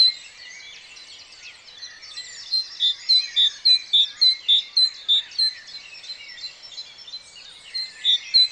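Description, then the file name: Great tit calling with a steady run of sharp, high notes repeated about every third of a second, pausing and then resuming near the end, with soft twittering behind. "Parus major"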